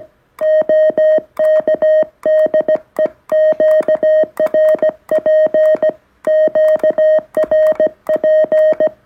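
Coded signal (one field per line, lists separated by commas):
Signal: Morse code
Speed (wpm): 17 wpm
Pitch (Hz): 1850 Hz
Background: music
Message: OK DE QRP QRP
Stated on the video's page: Iambic paddle key after four months of use, modified by replacing a screw.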